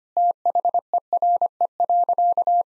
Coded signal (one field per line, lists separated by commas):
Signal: Morse code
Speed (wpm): 25 wpm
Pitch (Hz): 700 Hz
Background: none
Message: THERE.